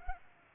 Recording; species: mosquito wingbeat signal from an infrared sensor; Culex pipiens